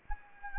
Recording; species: mosquito wingbeat signal from an infrared sensor; Anopheles gambiae